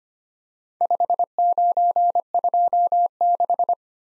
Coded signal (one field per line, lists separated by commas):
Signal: Morse code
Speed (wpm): 25 wpm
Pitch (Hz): 700 Hz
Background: none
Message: 5926